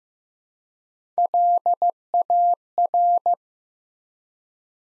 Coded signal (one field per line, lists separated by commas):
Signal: Morse code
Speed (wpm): 15 wpm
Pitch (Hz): 700 Hz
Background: none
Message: LAR